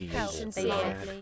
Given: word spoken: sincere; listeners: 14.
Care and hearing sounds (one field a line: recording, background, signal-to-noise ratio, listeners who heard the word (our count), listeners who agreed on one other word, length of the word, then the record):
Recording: one English word in noise, from a listening test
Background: four-talker babble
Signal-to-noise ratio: -2.2 dB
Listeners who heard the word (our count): 0 of 14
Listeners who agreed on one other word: 6 of 14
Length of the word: 0.82 s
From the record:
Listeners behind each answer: 6, 4, 1, 1, 1, 1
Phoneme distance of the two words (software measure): 47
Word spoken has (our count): 2 syllables, 5 phonemes, stress on syllable 2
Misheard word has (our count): 1 syllable, 4 phonemes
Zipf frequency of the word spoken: 3.46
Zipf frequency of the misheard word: 5.14